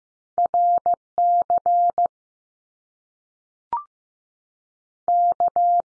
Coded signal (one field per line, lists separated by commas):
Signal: Morse code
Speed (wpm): 15 wpm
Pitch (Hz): 700 Hz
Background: none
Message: R C K